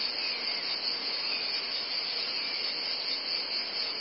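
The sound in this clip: Cicadas sounding a dense, steady high buzz over a broad hiss of background noise, the level staying flat from start to finish.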